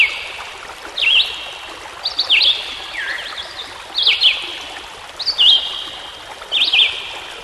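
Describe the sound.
Songbird song in brief whistled zigzag phrases with one lower swooping note, over a constant rush of flowing water.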